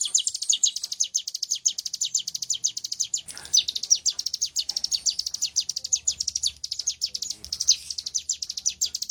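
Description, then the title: Prinia singing a long, rapid series of shrill, clipped notes, tightly repeated, with a brief break partway through. "Cigun Durasi Panjang By Kicauan.net"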